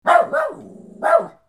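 Dog barking: a quick double bark, then a third sharp bark a moment later, with no other sounds.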